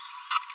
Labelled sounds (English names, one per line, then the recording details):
Green-rumped Parrotlet babbling
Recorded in a nest box in Venezuela
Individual 18B25A5